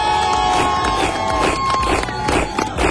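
A crowd applauds in a dense, steady wash of clapping that stays loud for the full few seconds, with a sustained tone and a murmur of voices mixed underneath.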